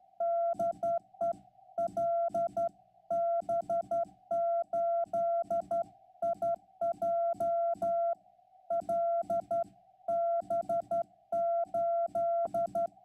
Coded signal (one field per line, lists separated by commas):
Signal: Morse code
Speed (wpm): 12 wpm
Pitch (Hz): 680 Hz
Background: music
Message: DE LB8IJ LB8